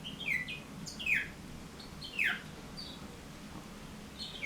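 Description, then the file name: Bourke's parrot song: short downward-sliding chirps given in small bursts with pauses, over a low steady hum. "poet travyanoi rozovobryuxii popugai"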